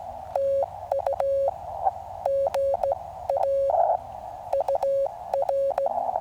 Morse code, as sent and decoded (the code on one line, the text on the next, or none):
- ..- / --. .- / ..- .-.
TU GA UR